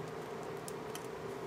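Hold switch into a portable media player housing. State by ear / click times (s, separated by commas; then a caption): not seated / none. The small plastic hold switch of an iPod Classic is handled and pressed toward its slot during reassembly. Two brief, faint ticks sound at about 0.7 and 1.0 seconds over a steady low hum. Nothing has seated or clicked into place yet.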